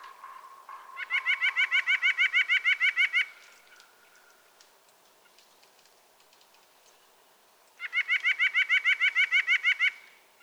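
White-breasted nuthatch sings two rapid rattling series of nasal notes, each about two seconds long, separated by a quiet pause with faint ticks.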